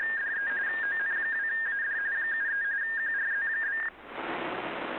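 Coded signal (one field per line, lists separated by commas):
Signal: RTTY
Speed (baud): 45.45 baud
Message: DE ON2AD 73 QRZ?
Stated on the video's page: Data-mode contest traffic in the RSGB AFS Datamode Contest.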